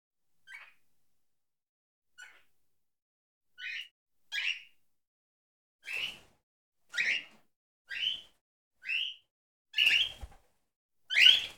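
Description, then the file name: Cockatiel calls: short chirped whistles, sparse at first, then coming about once a second and growing louder and harsher toward the end, in otherwise quiet surroundings. Two cockatiels. "Cockatiels Sounds Darwin Curie"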